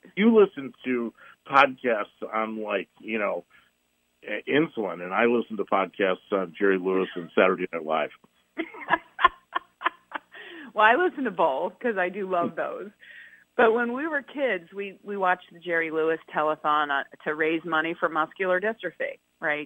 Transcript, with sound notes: So-
You listen to podcasts on like, you know, uh, insulin, and I listen to podcasts on Jerry Lewis and Saturday Night Live.
(laughs) Well, I listen to both, 'cause I do love those. But when we were kids, we, we watched the Jerry Lewis Telethon, uh, to raise money for muscular dystrophy, right?